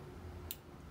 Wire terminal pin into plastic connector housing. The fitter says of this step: one clicked.